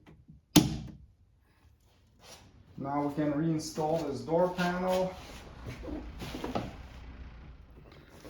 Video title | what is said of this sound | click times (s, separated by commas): 2007-2013 Toyota Tundra Front Door Check Strap Limiter Removal And Installation Instructions | And then you can plug the connector in until it clicks. | 0.6 s